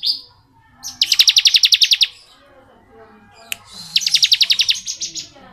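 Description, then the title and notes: Bar-winged prinia with two crisp rapid trills, each about a second, separated by a quiet gap and a single click. Ngebren song style; recording used as training audio (masteran) for white-rumped shamas (murai batu). "Ciblek Ngebren Untuk Masteran Murai Batu. Suara burung ciblek - Suara Nada"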